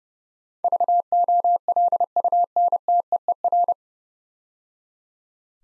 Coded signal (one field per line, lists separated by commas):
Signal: Morse code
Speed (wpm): 30 wpm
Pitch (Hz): 700 Hz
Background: none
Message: VOLUNTEER